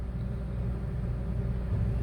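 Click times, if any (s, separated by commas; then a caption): none. A replacement screen for an iPhone XR is eased into the top edge of the phone frame without forcing it. Only a steady low rumble and hum are heard, with no sharp sounds. Nothing has clicked or seated yet.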